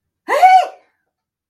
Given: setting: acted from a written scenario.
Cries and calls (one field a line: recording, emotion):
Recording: vocal sound without words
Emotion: fear